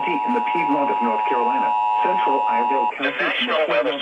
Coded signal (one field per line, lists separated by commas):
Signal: Emergency Alert System (SAME) tones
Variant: 853 and 960 Hz attention tone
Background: speech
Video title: RALEIGH'S BULLSHIT SURPRISE!!! EAS Alerts from 8/21/19 (EAS #3,234 - 3,255)